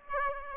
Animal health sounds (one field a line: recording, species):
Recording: mosquito wingbeat signal from an infrared sensor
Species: Aedes aegypti